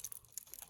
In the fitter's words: Make sure you hear the click too.